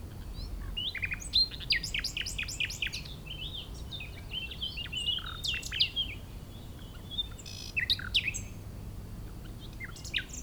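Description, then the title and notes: Common nightingale song in a long run of varied chirps, whistles and clicks, rich improvised phrases, accompanied by steady wind rumble. Chindrieux, France; nightingale season in full swing; sunny day; fairly strong west wind; singer hidden in scrub; Zoom H4n Pro on the ground tens of metres from singer, in a small valley away from motorbike traffic. "Chindrieux, France - Rossignol. La saison des rossignols bat son plein"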